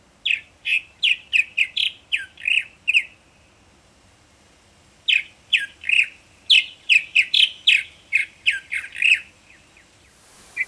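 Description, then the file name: Purple martin calls, a run of throaty chirps and croaks, a pause of about two seconds, then another quick burst of chirps. "Purple Martin Lang Elliott"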